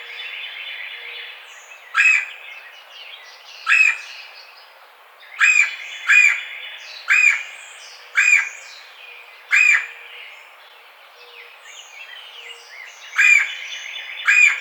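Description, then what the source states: Red-bellied woodpecker giving short rolling churr calls, nine loud notes at uneven intervals, with softer bird chatter beneath. Recorded 4 May 2009.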